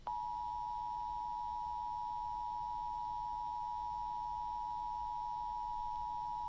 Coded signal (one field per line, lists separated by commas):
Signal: Emergency Alert System (SAME) tones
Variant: 853 and 960 Hz attention tone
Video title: National EAS Test - October 4, 2023 (KOPB-FM)